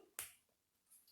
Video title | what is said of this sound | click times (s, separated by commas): Como fazer Estojinho com elástico - fácil / para iniciantes | When I hear a click, it means the two parts of the zipper have already clicked together. | 0.2 s